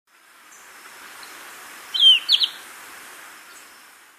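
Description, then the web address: Golden-faced Tyrannulet call: one short high phrase, a falling slurred whistle then two quick sharp notes, over a steady faint hiss. Ecuador; possible unnamed taxon. "Birds of Ecuador Golden-faced Tyrannulet (possible unnamed taxon)"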